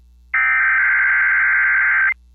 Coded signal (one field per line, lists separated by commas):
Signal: Emergency Alert System (SAME) tones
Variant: header bursts